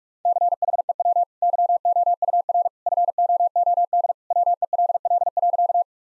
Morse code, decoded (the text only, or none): CHEW YOUR FOOD WELL.